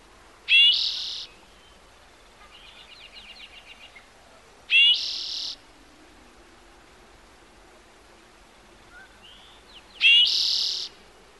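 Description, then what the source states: Bird song: three loud whistled-and-buzzy phrases about five seconds apart, with a quieter rapid rattling trill in the gap after the first. Bird heard in the morning.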